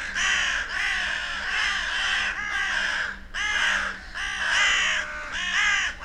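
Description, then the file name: Carrion Crow caws, loud and raspy, with several birds calling at once in pulses about once a second, and a faint hum below. "Corvus corone"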